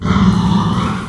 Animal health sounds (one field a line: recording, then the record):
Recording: squeal of a Yucatan mini pig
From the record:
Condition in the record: after surgery on the right vocal fold (resection and tissue-engineered implant)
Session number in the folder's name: 17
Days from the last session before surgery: 195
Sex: female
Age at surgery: 19 weeks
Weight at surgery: 25 kg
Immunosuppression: prednisolone